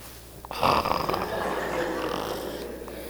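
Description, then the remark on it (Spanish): A person imitates snoring with one long, rasping breath that starts abruptly and holds steady for a few seconds, a rough, noisy rattle spread across the range. “Pura excusa, están roncando.”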